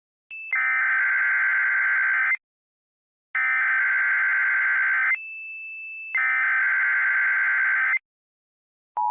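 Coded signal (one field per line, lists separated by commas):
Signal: Emergency Alert System (SAME) tones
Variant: header bursts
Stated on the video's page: Simulated EAS scenario.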